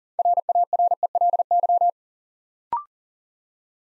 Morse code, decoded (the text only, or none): RARELY